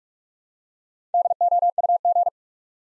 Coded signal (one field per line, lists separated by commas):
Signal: Morse code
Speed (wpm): 41 wpm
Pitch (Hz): 700 Hz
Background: none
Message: DOUG